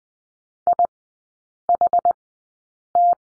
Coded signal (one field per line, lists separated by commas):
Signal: Morse code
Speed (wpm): 20 wpm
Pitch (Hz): 700 Hz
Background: none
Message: IHT